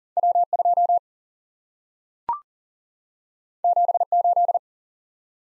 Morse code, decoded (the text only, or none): W 2 7 8